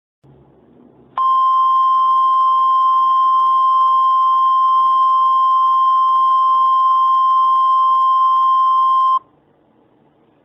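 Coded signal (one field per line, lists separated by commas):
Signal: Emergency Alert System (SAME) tones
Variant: 1050 Hz attention tone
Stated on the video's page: Actual EAS tones used in an entirely fictional alert scenario.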